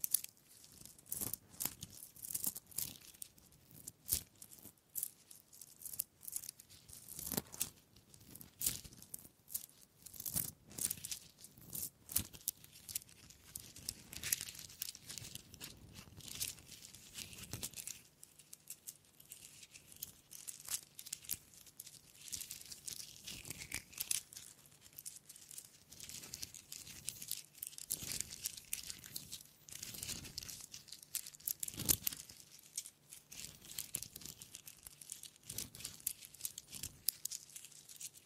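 Wooden triggers crackle, tap and scratch in a dense, uneven stream of bright clicks, with a faint low hum entering after midway.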